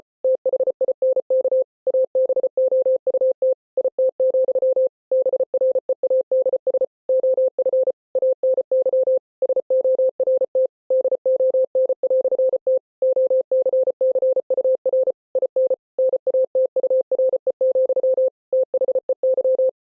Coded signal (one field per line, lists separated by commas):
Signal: Morse code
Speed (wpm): 33 wpm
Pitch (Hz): 520 Hz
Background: none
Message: THINK ABOUT IT, BREADS OF ANY SORT DON"T OCCUR IN NATURE, THEY